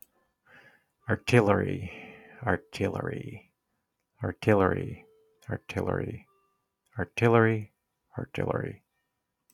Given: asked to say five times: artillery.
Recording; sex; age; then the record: repeated word; male; 40 to 49 years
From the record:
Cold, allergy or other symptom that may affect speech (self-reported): no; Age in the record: 49 years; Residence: Colorado, United States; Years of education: 14